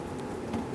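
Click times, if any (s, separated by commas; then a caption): none. A second fuel line quick connector is handled as it is pushed toward the fuel pump module fitting during a fuel pump replacement on a 1992–2000 Chevy Tahoe. Only low, steady handling noise is heard, with a slight soft bump around 0.5 s. Nothing has seated or clicked yet.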